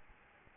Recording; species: mosquito wingbeat signal from an infrared sensor; Aedes albopictus